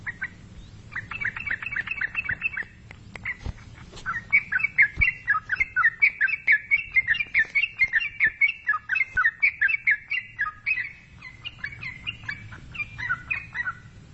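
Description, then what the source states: Yellow-vented bulbul song: fast runs of sharp chirping notes, several a second, rising and falling between phrases, with a low steady hum underneath. Described as a champion songster.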